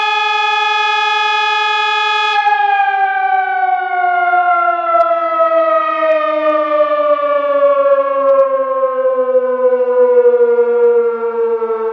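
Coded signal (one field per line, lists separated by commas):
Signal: siren signal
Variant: German Feueralarm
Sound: loud steady electronic siren tone, then its pitch slowly sinks for ten seconds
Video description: Ausgelöst wurde über POCSAG das Signal "Feueralarm".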